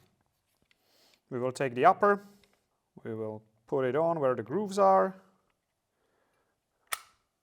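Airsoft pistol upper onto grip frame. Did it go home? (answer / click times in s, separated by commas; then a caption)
yes / 6.9 s. The upper (slide assembly) of a TP22 airsoft pistol is set onto the grip frame along its grooves and pushed home while someone talks. A single sharp click at 6.9 s marks the upper seating in place on the grip frame.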